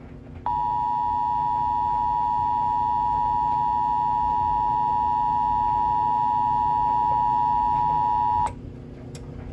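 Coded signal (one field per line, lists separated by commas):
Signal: Emergency Alert System (SAME) tones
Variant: 853 and 960 Hz attention tone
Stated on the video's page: Required monthly test for Texas, issued by a radio station.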